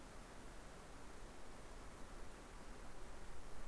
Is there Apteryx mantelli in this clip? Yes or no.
no